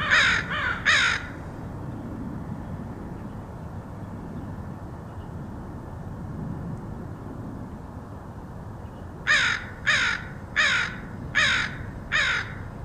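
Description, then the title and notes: Crow cawing: three quick harsh caws at the start, a long quiet stretch of low background rumble, then five evenly spaced caws. Portland, Oregon, USA, August 2003. "Crows recorded by Dan Bodah in Portland, OR, August 2003."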